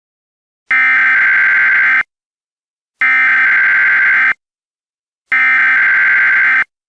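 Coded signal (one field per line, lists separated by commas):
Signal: Emergency Alert System (SAME) tones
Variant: header bursts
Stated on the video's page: Fictional EAS scenario, a Spring Fling 2023 contest entry, not based on real events.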